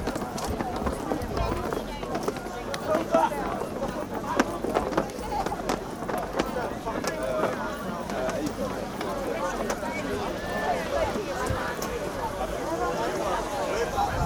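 A night walk through the Glastonbury festival grounds, with a dense, steady murmur of many voices talking all around. Short sharp taps and scuffs, likely footsteps, come through frequently over the crowd chatter, which holds an even level throughout.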